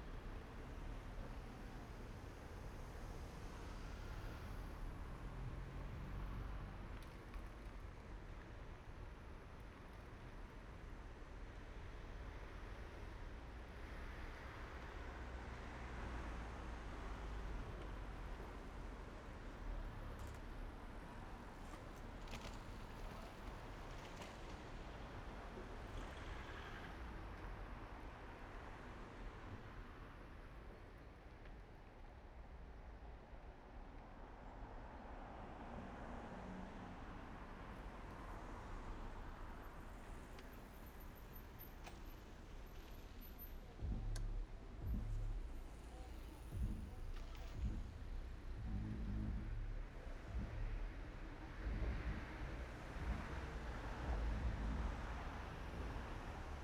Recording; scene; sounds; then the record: everyday scene through a hearing-aid microphone; in traffic; traffic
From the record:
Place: main road on the outskirts, rush hour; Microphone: behind the ear, right, front